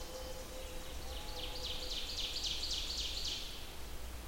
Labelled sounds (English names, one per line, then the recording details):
Ovenbird song
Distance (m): 60 m
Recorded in boreal forest in Alberta, Canada, on 21 June 2016 at 05:44
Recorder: SongMeter 3, array SBT-6-81
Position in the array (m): 76 m, 161 m
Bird 23